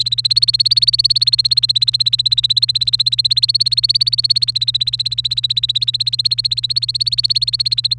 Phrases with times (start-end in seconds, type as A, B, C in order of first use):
0.00-7.94 A